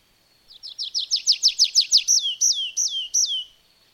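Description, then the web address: Bird gives a quick high trill of about nine sharp notes, then four slower, separate hooked whistles. "madarak enek"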